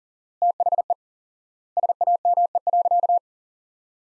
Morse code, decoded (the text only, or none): THE SAME.